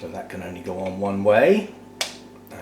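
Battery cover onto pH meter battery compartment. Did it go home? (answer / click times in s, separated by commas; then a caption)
yes / 2.0 s. A plastic battery cover, which only fits one way and has a small tab that locks it, is fitted onto a pH meter's battery compartment while someone talks. A sharp snap at 2.0 s shows the cover seating in place.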